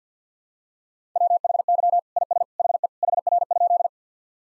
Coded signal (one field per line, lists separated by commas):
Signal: Morse code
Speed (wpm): 50 wpm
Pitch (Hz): 700 Hz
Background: none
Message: WHY IS HE HR?